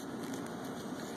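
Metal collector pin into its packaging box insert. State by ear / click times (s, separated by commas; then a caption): not seated / none. A shiny, high-polish metal collector's pin from the Metroid: Samus Returns Legacy Edition, with a safety-pin style clasp, is slid back toward its slot in the cardboard/foam box insert over a steady low, engine-like hum. A brief soft tap is heard at about 0.3 s. Nothing has seated or clicked yet; the clip ends before the pin goes home.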